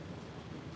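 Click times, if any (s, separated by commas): none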